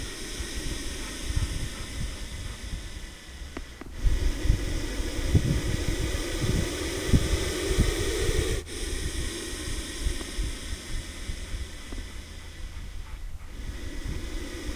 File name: Puff adder puffing